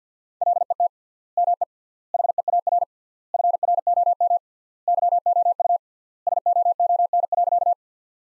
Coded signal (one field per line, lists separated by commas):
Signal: Morse code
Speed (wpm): 50 wpm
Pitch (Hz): 700 Hz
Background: none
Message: LET ME HEAR FROM YOU SOON.